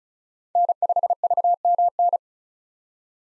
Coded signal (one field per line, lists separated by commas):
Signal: Morse code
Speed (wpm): 34 wpm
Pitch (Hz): 700 Hz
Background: none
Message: N5VMN